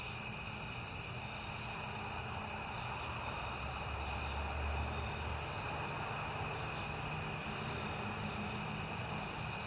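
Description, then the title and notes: Crickets chirping in a steady, high-pitched continuous chorus, with a low rumble of a passing car swelling midway and fading. At night in September on a peaceful night, with cars passing. "Night Time: Crickets and Passing Cars. It is September and I have been hearing the crickets a lot, but finally had a peaceful night to make the recording"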